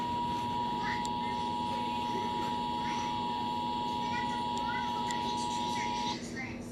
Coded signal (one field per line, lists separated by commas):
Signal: Emergency Alert System (SAME) tones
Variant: 853 and 960 Hz attention tone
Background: speech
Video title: Eas Alert 10 Volcano Eruption Warning